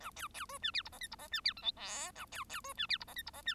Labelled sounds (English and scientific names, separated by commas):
Bengalese Finch (Lonchura striata domestica) song